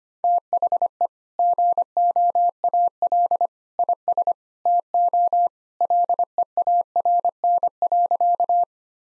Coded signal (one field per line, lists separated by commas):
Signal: Morse code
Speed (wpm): 25 wpm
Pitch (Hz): 700 Hz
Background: none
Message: THE GOAL IS TO LEARN.